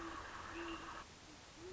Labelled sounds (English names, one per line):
Great Horned Owl